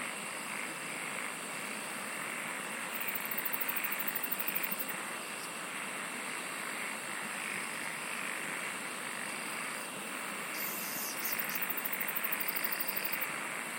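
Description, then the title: Insect chorus: continuous shrill hiss, plus two bursts of very high, fast ticking trill. "SINGING OF INSECTS"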